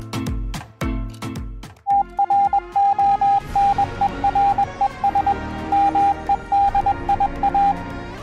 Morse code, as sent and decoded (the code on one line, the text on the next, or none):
- .-. --- -. . .-. . ... / -- . -.. .. .-
TRONERES MEDIA